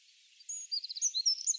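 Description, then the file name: Eurasian wren song, a burst of very high, rapid notes: a thin whistle, a quick trill, then fast repeated sharp phrases, all delivered at high speed. "Troglodytes troglodytes"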